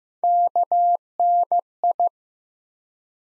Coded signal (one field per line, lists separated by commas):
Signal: Morse code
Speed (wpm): 15 wpm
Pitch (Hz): 700 Hz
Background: none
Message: KNI